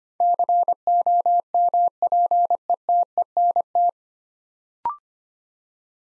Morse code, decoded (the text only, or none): COMPETENT